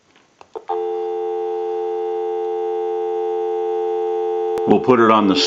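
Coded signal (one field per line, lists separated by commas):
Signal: telephone call progress tone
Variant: North America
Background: speech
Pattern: dial tone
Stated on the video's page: Single-slot Bell South payphone undergoing initial checkout and repair for conversion.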